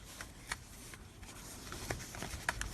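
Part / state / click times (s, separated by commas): plastic back cover clips into phone frame / not seated / none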